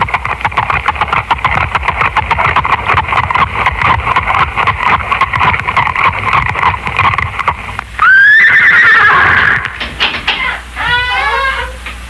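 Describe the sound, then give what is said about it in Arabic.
Rapid, steady clip-clop of horse hooves outside runs for several seconds, then a loud, high whinny rises and wavers, followed by a second shorter neigh and a few more hoofbeats. “أقدام خيل في خارج.”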